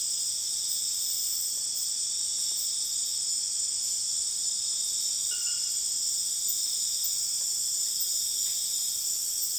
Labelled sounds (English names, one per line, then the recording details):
none
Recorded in dense forest near Puerto Asís, Putumayo, Colombia, on 25 June 2025 at 22:30
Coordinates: 0.484, -76.325
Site H65